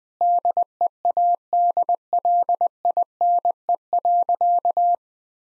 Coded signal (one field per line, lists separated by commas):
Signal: Morse code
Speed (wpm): 21 wpm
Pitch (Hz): 700 Hz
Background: none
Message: DEADLINE.